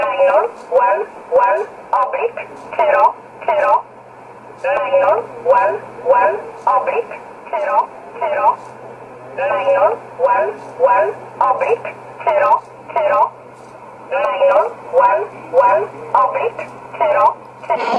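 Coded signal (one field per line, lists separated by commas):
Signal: numbers station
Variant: E11 Oblique, English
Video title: 12 08 2017 Numbers station E11 Oblique in English to Eu 1347 on 15825 in USB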